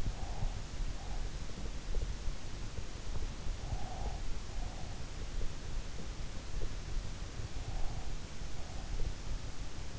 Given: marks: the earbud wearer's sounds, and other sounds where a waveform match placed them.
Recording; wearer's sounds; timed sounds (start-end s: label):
sounds in sleep by an in-ear microphone; breath
0.00-1.48 s: breath
3.68-5.11 s: breath
7.63-9.11 s: breath